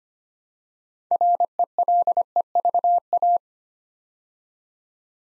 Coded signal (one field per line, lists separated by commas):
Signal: Morse code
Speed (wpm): 25 wpm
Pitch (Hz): 700 Hz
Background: none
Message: RELEVA